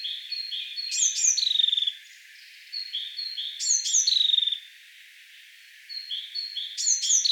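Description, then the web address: Bird producing clear falling whistled notes with trailing chirps, the pattern heard twice and starting a third time. "ornitologiya slovar Ptichki"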